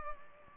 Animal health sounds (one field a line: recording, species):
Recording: mosquito wingbeat signal from an infrared sensor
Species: Culex pipiens